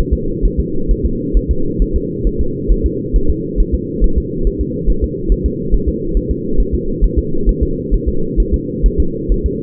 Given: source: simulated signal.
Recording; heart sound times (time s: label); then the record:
fetal heart sounds
0.13 s: S2
0.45 s: S1
0.60 s: S2
0.91 s: S1
1.05 s: S2
1.37 s: S1
1.51 s: S2
1.82 s: S1
1.96 s: S2
2.27 s: S1
2.41 s: S2
2.72 s: S1
2.86 s: S2
3.16 s: S1
3.30 s: S2
3.60 s: S1
3.74 s: S2
4.04 s: S1
4.18 s: S2
4.47 s: S1
4.61 s: S2
4.90 s: S1
5.04 s: S2
5.32 s: S1
5.46 s: S2
5.74 s: S1
5.88 s: S2
6.17 s: S1
6.31 s: S2
6.60 s: S1
6.74 s: S2
7.04 s: S1
7.18 s: S2
7.49 s: S1
7.63 s: S2
7.94 s: S1
8.08 s: S2
8.40 s: S1
8.54 s: S2
8.86 s: S1
9.00 s: S2
9.32 s: S1
9.46 s: S2
From the record:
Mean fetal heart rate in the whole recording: 135 bpm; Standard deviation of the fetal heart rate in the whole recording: 3 bpm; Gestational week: 36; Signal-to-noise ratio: -8.1 dB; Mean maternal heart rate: 72 bpm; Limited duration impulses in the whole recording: absent